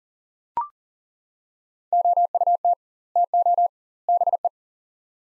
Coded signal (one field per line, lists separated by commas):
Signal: Morse code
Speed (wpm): 40 wpm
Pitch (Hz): 700 Hz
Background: none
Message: OUT TO BE